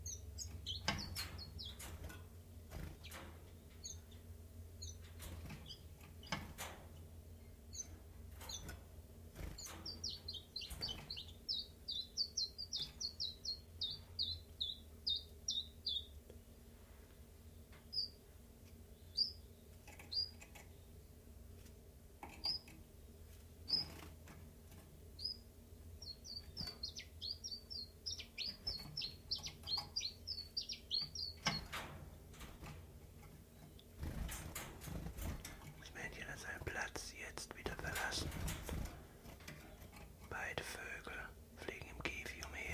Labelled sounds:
Common Chiffchaff

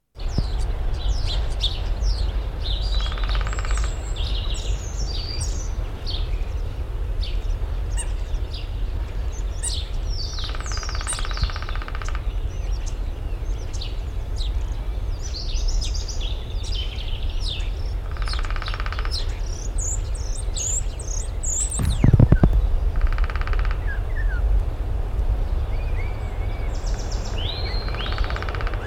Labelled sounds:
Lesser Spotted Woodpecker drumming

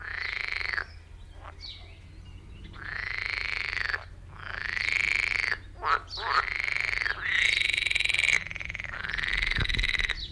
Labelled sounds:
Edible Frog call

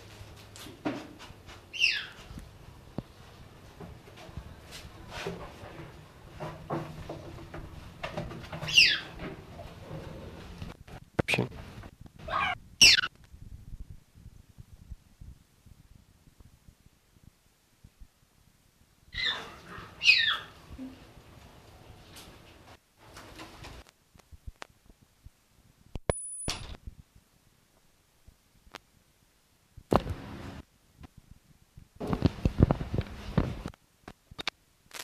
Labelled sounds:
Cheetah call

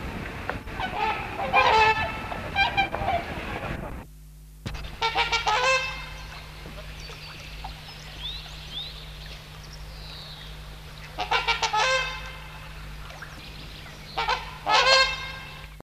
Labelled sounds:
Tundra Swan call

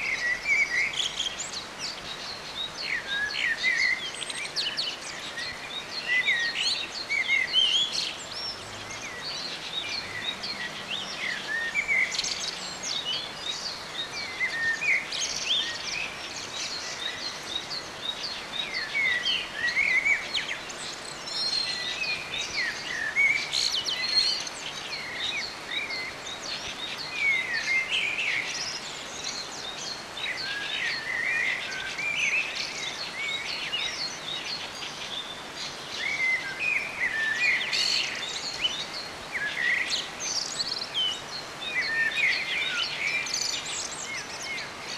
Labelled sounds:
Common Blackbird song

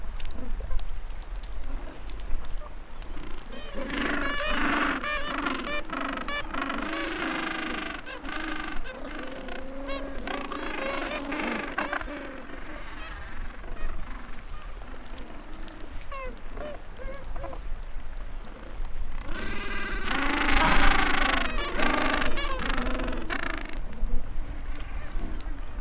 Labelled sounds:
Gentoo Penguin call

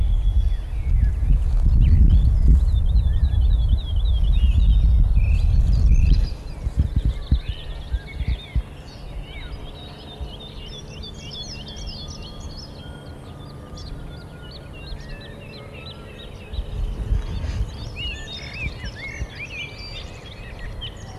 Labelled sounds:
Wood Lark song

